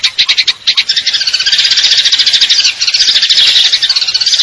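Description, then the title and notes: Eurasian tree sparrow trill: sharp separate chirps at first, quickly merging into one long, bright, rapid rattle. Fighting call with long trills; clear-sound masteran training recording for contest birds. "GEREJA TARUNG NEMBAK PANJANG SUARA JERNIH MASTERAN WAJIB BURUNG LOMBA. Burung Gereja"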